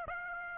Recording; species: mosquito wingbeat signal from an infrared sensor; Aedes aegypti